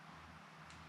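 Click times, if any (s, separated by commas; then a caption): none. Small plastic pieces that hold the rollers on the variator ramp plate are handled during a Polini Hi Speed variator kit install on a 2002 Honda Metropolitan II scooter. Only a steady low hum and faint background noise are heard, with no sharp sounds. Nothing has snapped into place yet.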